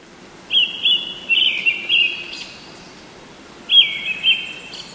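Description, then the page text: Brown-headed thrush giving two phrases of thin, high, slightly warbled notes, each followed by a faint higher trailing note, separated by a short pause. Winter visitor to Taiwan; recorded in Japan. "赤腹鶇 別名： 赤胸鶇 學名： Turdus chrysolaus , 冬候鳥. Teruo Furushima, Wild Bird Songs in Japan"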